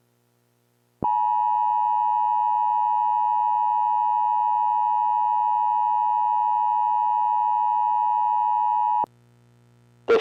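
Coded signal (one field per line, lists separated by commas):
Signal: Emergency Alert System (SAME) tones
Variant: 853 and 960 Hz attention tone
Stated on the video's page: Fictional simulated EAS scenario about radioactive zombies, part two.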